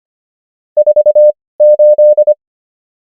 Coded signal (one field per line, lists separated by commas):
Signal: Morse code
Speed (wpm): 25 wpm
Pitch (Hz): 600 Hz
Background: none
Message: 48